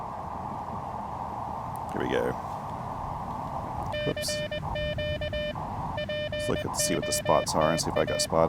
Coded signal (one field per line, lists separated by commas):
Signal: Morse code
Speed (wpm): 20 wpm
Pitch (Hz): 1800 Hz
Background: speech, music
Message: I CQ POTA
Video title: Challenging Prop: Post-Hamvention POTA with Friends at Dayton Aviation Heritage NHP!